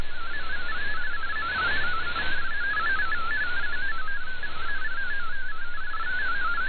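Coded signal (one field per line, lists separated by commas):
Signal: multi-tone FSK (Olivia or MFSK type)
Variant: MFSK32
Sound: rapid warbling single tone hopping between many pitches, steady and continuous, over hiss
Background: radio static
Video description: I precociously prepared to switch to MFSK64 manually, even though it was not required, as well as a switch back to MFSK32.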